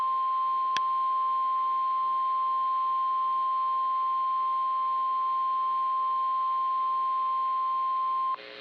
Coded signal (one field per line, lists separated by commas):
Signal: Emergency Alert System (SAME) tones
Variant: 1050 Hz attention tone